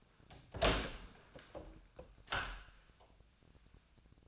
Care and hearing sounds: daily activity, microphone in the room; open door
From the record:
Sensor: 2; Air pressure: 1009.1 hPa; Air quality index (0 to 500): 186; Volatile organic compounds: 3 ppm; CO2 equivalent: 1348 ppm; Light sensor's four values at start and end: 30/79/33/35 and 30/79/34/35

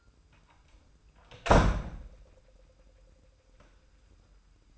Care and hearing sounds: daily activity, microphone in the room; close door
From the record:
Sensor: 2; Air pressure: 990.3 hPa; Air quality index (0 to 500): 187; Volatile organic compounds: 1000 ppm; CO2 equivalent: 5961 ppm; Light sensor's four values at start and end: 34/80/33/33 and 34/80/33/33

